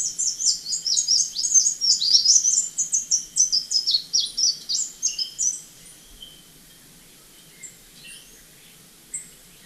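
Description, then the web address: Spectacled whitestart song, a fast series of high, tumbling chips and slurs for about six seconds, then a few scattered faint notes. Recorded in Ecuador. "Natures Songs S America Birds of Ecuador Spectacled Whitestart"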